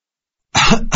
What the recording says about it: That sounds like a really bad cough. Perhaps because I smoke too much. You coughed again. It really sounds bad.